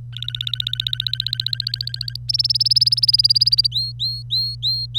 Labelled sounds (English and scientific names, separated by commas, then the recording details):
Domestic Canary (Serinus canaria) song
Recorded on 25 April 2018 at 09:48
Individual llb3